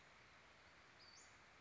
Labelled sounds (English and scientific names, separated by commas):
Western Flycatcher (Empidonax difficilis)